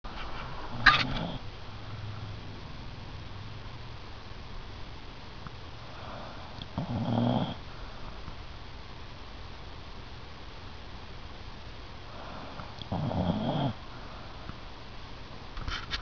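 A dog snores in slow, rumbling bursts about every six seconds, roughly ten breaths a minute, with quiet pauses between. Each snore is a low, rough, fluttering sound, typical of ordinary snoring during sleep.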